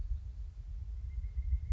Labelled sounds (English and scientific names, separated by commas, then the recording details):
Pileated Woodpecker (Dryocopus pileatus)
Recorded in Sonoma County, California